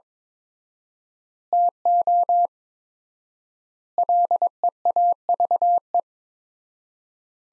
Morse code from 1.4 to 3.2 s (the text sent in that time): TO